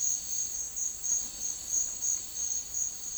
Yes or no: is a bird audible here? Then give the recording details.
no. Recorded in secondary vegetation near Puerto Asís, Putumayo, Colombia, on 12 March 2025 at 11:30. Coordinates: 0.499, -76.323. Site G094